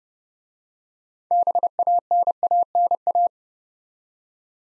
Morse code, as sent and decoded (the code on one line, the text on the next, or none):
-... .- -. .- -. .-
BANANA